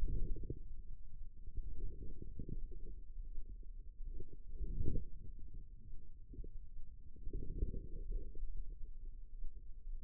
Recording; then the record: forearm muscle sounds (acoustic myography)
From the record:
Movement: wrist flexion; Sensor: system 2, bracelet of six BSWA MPA416 microphones around the upper forearm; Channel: 3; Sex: female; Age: 25 years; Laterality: right